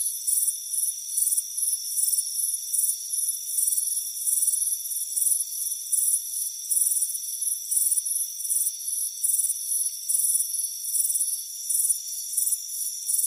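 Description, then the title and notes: High, dense cricket chirping with closely spaced pulse bursts throughout, layered over a steady, thin, high background hum. Warm afternoon on a front porch; crickets presented as soothing relaxation and sleep sound. "Soothing Crickets Chirping Sound. It's a warm afternoon as you relax in a hammock on the front porch. Relax and fall asleep to the soothing sound of chirping crickets. Deep Sleep Sounds"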